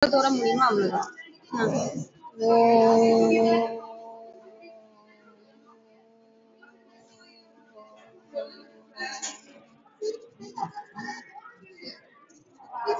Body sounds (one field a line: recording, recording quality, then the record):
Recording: sustained vowel as in boot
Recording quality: poor, much background noise or distortion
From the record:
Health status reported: healthy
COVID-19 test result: not tested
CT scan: not taken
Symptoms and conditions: none ticked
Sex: female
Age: 45 years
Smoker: no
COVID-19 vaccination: one dose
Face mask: worn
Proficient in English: no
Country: India